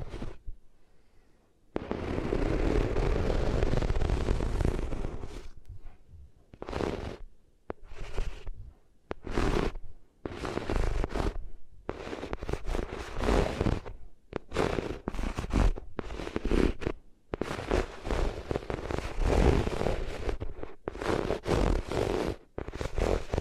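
Ears rubbing against different materials, heard as thick, rough scraping bursts that fill everything from low rumble to bright hiss. A long rub runs from about two to six seconds, then shorter strokes of one to two seconds follow irregularly, separated by brief silences.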